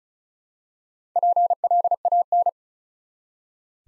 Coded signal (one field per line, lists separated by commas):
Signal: Morse code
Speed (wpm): 36 wpm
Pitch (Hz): 700 Hz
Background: none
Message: PLAN